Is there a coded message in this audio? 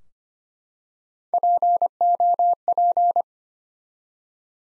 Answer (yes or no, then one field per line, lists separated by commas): yes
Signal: Morse code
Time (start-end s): 1.3-3.2 s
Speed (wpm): 25 wpm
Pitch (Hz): 700 Hz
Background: none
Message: POP